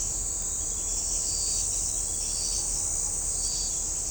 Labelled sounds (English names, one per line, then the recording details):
none
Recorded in shrubland near Pivijay, Magdalena, Colombia, on 4 June 2023 at 04:00
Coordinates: 10.453, -74.365
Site P5-G022